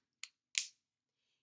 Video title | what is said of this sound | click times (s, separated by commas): Bloomlife set up tips and tricks | the edges and you can see there that it's not fully snapped so go ahead and give that a good snap to if | 0.2 s, 0.6 s